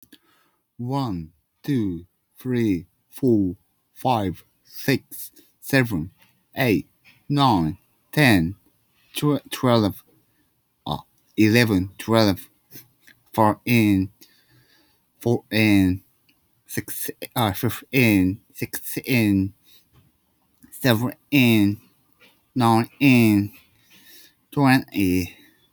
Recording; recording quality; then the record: counting at a normal pace; excellent, no background noise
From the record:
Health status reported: respiratory illness, not identified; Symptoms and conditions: cough, fever, pneumonia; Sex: male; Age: 39 years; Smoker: yes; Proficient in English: yes